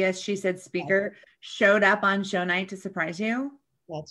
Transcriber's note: none